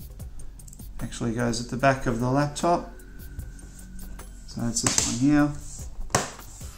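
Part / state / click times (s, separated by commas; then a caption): long screw into laptop bottom cover / seated / 6.1 s. During an SSD upgrade on an Asus VivoBook, a longer screw is driven into the back of the laptop's bottom cover while someone talks over background music. A single sharp click stands out at 6.2 s as the screw clicks into place and is seated.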